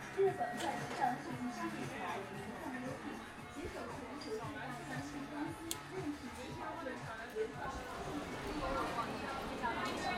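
Voices fill an underground trip through a city, with several people talking at once over a steady low rumble. The chatter stays dense and continuous for the whole stretch, echoing slightly as in a large enclosed space, with a brief sharp click near the middle.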